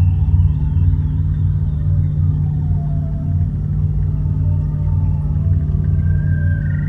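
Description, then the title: Seal song with faint gliding whistles, a brief trill near the start and a rising note at the end, under a constant low droning hum. Seal breaths and songs. "Respiros_Cantos_focas_plasmath"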